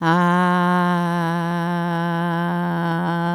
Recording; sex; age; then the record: sustained vowel /a/; female; 60 to 69 years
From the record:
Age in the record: 64 years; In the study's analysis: included